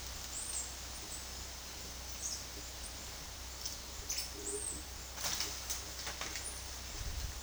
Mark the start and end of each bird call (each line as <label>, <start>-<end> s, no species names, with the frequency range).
bird call (3.7-10.1 kHz), 0.14-7.42 s